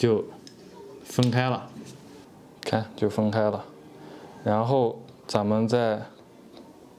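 Someone talks while handling a camera's quick-release plate that is about to go back into its mount base, with a faint tick near 6.6 s. The plate has not seated or clicked into the mount yet.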